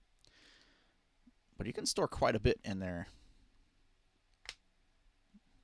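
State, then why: Seated. Someone talks, then the small hinged plastic lid of a fashion doll's accessory box is closed by hand and snaps into place with a sharp click at 4.5 s. The lid is now latched shut so it won't open on its own.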